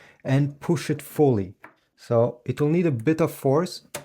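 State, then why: Not seated. A color print head for an HP Smart Tank 5103 printer is being pushed fully into the printer carriage with the thumb, using some force, while someone talks throughout. Nothing has seated or clicked yet; the clip ends just before the print head clicks into place.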